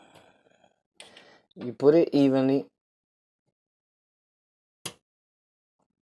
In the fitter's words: I don't know if you heard that, but it's a little click that lets you know it's secure.